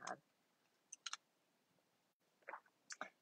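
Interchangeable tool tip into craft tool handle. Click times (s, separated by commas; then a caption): 1.1 s. An interchangeable tip of a plastic craft pick tool is flipped to the desired side and pushed into the handle, producing a series of short, sharp plastic clicks. The tip locks into the handle with a click at 1.1 s.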